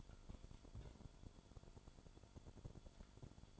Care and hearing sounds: daily activity, microphone in the room; take from stove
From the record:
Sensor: 5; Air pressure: 1008.1 hPa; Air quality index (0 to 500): 115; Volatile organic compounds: 1 ppm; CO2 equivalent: 886 ppm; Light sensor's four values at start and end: 28/62/26/26 and 29/63/26/26

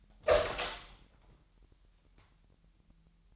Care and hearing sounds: daily activity, microphone in the room; open door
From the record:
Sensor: 3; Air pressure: 998.4 hPa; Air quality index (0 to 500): 142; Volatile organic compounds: 4 ppm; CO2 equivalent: 1696 ppm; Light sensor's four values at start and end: 16/46/18/17 and 16/46/18/17

